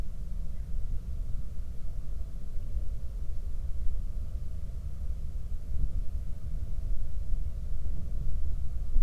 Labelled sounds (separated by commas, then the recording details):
wind
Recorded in the Prudhoe Bay oil fields, Alaska, on 31 July 2019 at 08:11
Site 24